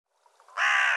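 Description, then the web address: Bird giving a single harsh, raspy caw that starts abruptly after a few faint soft notes and holds steady to the end. "cianscape birddata Deverinetal 2025"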